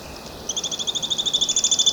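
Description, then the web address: White-chinned thistletail song: a fast, even trill of high notes that starts abruptly and runs steadily to the end. Ecuador. "Birds of Ecuador 2-19 White-Chinned Thistletail"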